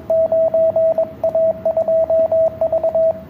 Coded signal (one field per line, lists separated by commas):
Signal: Morse code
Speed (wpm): 21 wpm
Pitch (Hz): 650 Hz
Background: radio noise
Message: 9A2V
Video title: QSO CW com 9A2V Very Nice